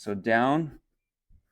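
Someone talks while leaning on a replacement OM Seating OM5 office chair seat and pushing it down onto the chair base's seat-slide mechanism, about to pull it toward himself so it engages; a faint low bump follows near 1.3 s. Nothing has seated or clicked yet.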